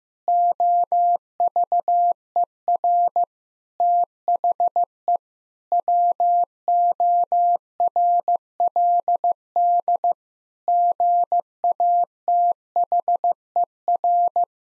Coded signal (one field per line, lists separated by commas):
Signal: Morse code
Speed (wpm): 15 wpm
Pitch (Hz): 700 Hz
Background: none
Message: OVER THE WORLD GATHER